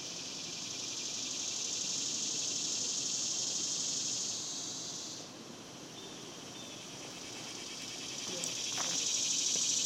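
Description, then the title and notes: Cicada chorus droning in a high, shimmering buzz that drops off briefly after five seconds, then rises again, with a faint click near the end. Cicadas singing outdoors in a cemetery during the daytime in summer. "Ext, Daytime Cicadas, Cemetery, Summer by Bandeto"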